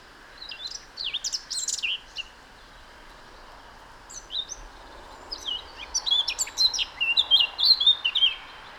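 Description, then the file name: Eurasian blackcap gives short bursts of high warbling notes, then a longer, louder warble builds toward the end over a steady background hiss. "Sylvia atricapilla"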